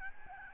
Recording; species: mosquito wingbeat signal from an infrared sensor; Aedes albopictus